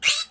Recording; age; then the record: pig call; piglet (1 to 25 days)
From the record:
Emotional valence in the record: negative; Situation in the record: restrain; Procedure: sham castration, fixation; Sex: male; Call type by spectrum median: high-frequency call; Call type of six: high-frequency stable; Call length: 0.30 s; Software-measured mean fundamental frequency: 116 Hz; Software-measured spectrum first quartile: 2874 Hz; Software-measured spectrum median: 4148 Hz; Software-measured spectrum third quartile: 6797 Hz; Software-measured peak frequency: 2824 Hz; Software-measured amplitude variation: 190 dB a second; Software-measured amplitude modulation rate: 11.5 a second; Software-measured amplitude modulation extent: 16.6 dB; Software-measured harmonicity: 3.2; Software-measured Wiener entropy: -1.94